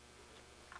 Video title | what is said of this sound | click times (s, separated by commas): HQ Sixteen Set-up and Demo Video 2004.mp4 | and by Braille you can feel that post in there you kind of wiggle it push with your thumb when you hear the click | 0.7 s